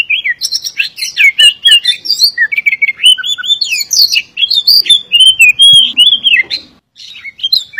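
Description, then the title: Oriental magpie-robin song, a loud, varied stream of whistled phrases, slurred notes and quick chirps, rising and falling around mid-high pitch with short pauses between bursts. "suara kacer"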